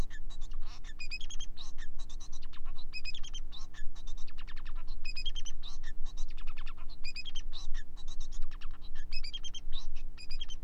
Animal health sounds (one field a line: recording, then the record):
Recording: song of a male Bengalese finch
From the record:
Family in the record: son of father 4